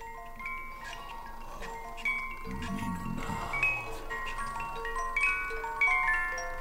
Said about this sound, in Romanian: Minunat, privighetoarea mecanică a cântat minunat.